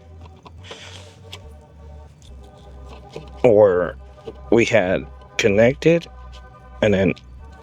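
The second white-ended plug of a wiring harness is handled near its mating vehicle connector socket behind the Tesla trim, with faint rustles and small ticks in the first seconds while someone talks. Nothing has seated or clicked yet; the plug is not yet home.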